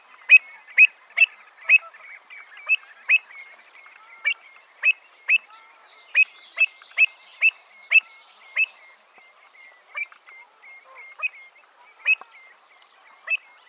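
Pied Avocet calls: a series of short, sharp notes repeated at a fairly steady pace, with a few brief pauses.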